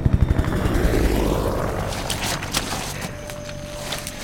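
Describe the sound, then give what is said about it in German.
A helicopter passes overhead, its rotor thumping in quick low pulses at first, then blending into a loud, steady whooshing roar whose tone shifts as it moves. “Und ich brauche dringend einen Hubschrauber mit Wärmebildkamera.”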